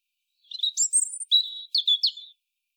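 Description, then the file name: European robin song: a clear sequence of high, sweet whistled notes, some drawn out and some quick and slurred, in a short rippling phrase. "Erithacus rubecula"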